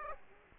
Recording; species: mosquito wingbeat signal from an infrared sensor; Aedes aegypti